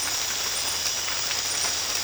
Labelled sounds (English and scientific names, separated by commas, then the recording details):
none
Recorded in dense forest near Puerto Asís, Putumayo, Colombia, on 8 March 2025 at 03:00
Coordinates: 0.484, -76.325
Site G045